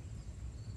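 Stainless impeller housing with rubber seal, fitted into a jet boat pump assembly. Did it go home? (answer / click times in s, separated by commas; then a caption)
no / none. A new Solas stainless steel impeller housing with a rubber seal is handled while being fitted into a Yamaha jet boat pump assembly, replacing the failed Yamaha jet pump. Only a steady low rumble is heard, with no distinct impacts. The housing has not seated or snapped into place yet.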